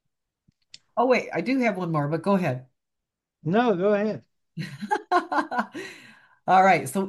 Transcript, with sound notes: Oh wait, I do have one more, but go ahead.
No, go ahead.
(laughs) All right,